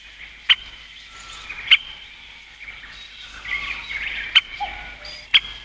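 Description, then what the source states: Great Spotted Woodpecker giving four sharp, clipped 'kik' calls at irregular intervals, with softer chirps of other birds in between. Call (jinaki) said to differ little from the Japanese green woodpecker's, making them hard to tell apart; commoner in eastern than western Japan; its drumming, its song, called the most beautiful, 18–22 strikes per second.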